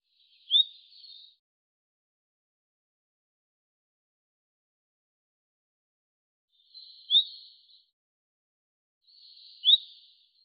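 Bird call: one bright rising note, a long silent pause, then two more rising notes each followed by a brief buzzy tail.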